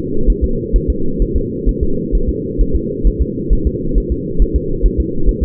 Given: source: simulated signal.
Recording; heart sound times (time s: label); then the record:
fetal heart sounds
0.30 s: S1
0.44 s: S2
0.76 s: S1
0.90 s: S2
1.22 s: S1
1.36 s: S2
1.69 s: S1
1.83 s: S2
2.15 s: S1
2.29 s: S2
2.61 s: S1
2.76 s: S2
3.07 s: S1
3.22 s: S2
3.53 s: S1
3.67 s: S2
3.98 s: S1
4.12 s: S2
4.42 s: S1
4.56 s: S2
4.86 s: S1
5.00 s: S2
5.29 s: S1
5.43 s: S2
From the record:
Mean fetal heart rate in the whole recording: 135 bpm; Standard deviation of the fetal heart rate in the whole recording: 3 bpm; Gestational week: 36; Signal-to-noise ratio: -8.1 dB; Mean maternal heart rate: 72 bpm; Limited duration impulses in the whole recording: absent